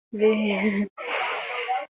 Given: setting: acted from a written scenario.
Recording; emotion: vocal sound without words; fear